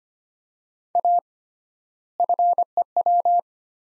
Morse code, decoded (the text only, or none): A FEW